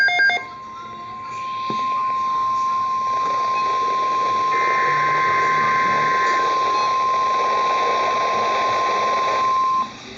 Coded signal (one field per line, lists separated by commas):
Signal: Emergency Alert System (SAME) tones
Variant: 1050 Hz attention tone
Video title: Severe Thunderstorm Watch (EAS #542)